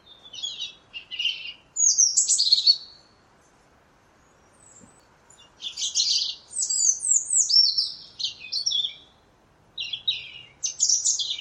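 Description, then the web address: European robin song, short high twittering and trilling phrases of varied shape, given in bursts separated by pauses of up to a few seconds. "Deverinetal 2025 File origin Bird Only Er Ru"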